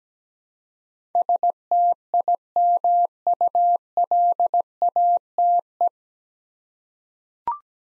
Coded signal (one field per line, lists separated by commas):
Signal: Morse code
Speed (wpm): 17 wpm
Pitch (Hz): 700 Hz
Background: none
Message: STIMULATE